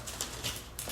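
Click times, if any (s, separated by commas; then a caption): none. While reinstalling the in-tank fuel pump on a 1999 Ford Taurus, an electrical connector is handled and pushed toward its mating fuel pump or fuel tank harness plug. Faint handling noise carries brief sharp taps near 0.2 s and 0.8 s. Nothing has seated or clicked yet.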